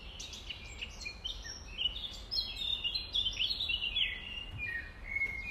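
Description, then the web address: Nightingale song of varied whistles and rapid chirps, set against a constant low background rumble. Recorded at dawn, around 05:33 on 5 May 2020. "2020 05 06 nightingales"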